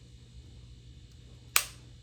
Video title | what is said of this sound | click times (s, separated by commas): Biologic Medication Injection Demonstration | so I don't know if you heard that but it was a second click that clicked that's finished | 1.6 s